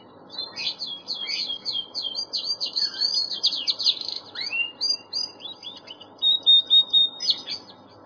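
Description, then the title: Bird song of rapid buzzy twittering phrases, then rising whistles and a series of short loud chirps, over faint low background noise. Training (masteran) recording for birds. "LuckyBurung MasteranBest"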